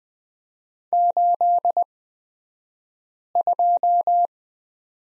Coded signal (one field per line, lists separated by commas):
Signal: Morse code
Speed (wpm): 20 wpm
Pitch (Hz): 700 Hz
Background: none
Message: 82